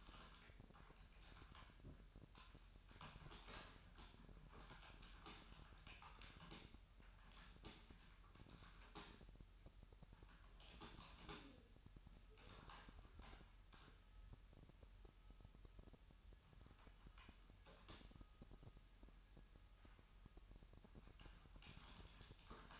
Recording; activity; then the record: daily activity, microphone in the room; typing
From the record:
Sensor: 2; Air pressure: 1001.9 hPa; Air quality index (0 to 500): 248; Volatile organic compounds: 39 ppm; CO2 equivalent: 3129 ppm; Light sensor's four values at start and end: 11/36/13/14 and 11/36/13/14